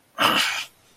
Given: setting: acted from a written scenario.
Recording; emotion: vocal sound without words; anger